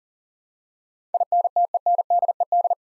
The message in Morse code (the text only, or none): INTENDED